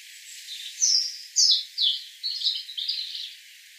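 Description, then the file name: European robin song: a string of separate short, bright, high trills and twitters. The phrases change from one to the next. "Erithacus rubecula"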